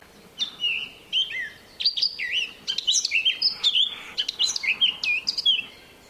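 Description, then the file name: Eurasian blackcap singing a rich, fast warble of varied whistled and twittering notes in quick bursts, with short pauses between phrases. "Sylvia atricapilla"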